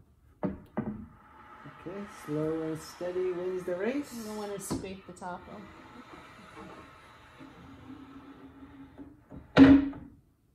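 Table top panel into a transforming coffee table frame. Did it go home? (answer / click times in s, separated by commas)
yes / 9.6 s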